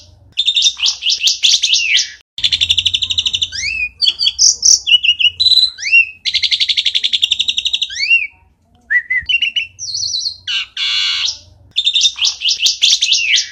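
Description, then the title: Bird singing a varied, rapid medley of dense buzzy trills, upslurred whistles and sharp chip notes, the trill phrases returning several times with short gaps between. "Master Burung Jos"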